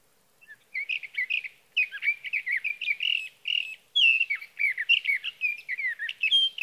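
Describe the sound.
Sage thrasher singing a long, fast, warbling song of varied high notes and trills, run together with barely a pause; no other sounds.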